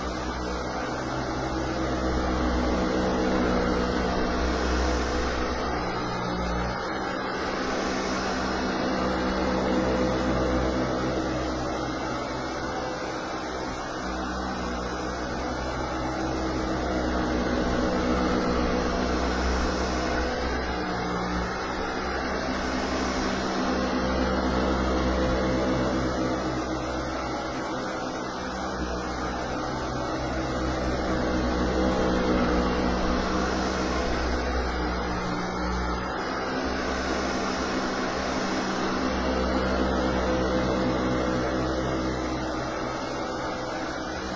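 A vacuum cleaner runs continuously with a dense, steady motor roar and a strong low hum. The loudness swells and eases every few seconds, with brief dips near 6, 20 and 36 seconds, as if the nozzle is pushed back and forth across the floor.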